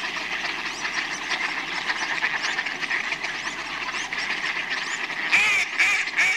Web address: animal bird x flock splashing in water animal bird quacking flapping in water animal bird